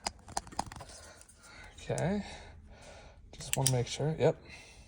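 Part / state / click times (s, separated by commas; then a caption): center console switch into dashboard switch panel / not seated / none. A new suspension switch for the center console dashboard switch panel of a Ferrari 456 GTA is handled at its slot, with a few short, sharp ticks in the first second before someone talks. Nothing has seated or clicked yet.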